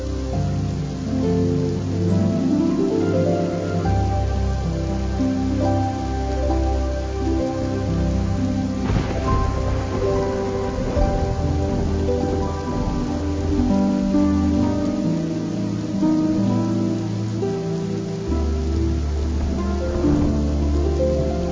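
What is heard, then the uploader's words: Soft harp melodies play over a quiet storm, with a steady patter of rain throughout. The harp notes ring out in gentle, layered lines with sustained low tones beneath. Brief louder crackles stand out near 9 seconds and again around 20 seconds. Sounds of a quiet storm and the melodies of a harp.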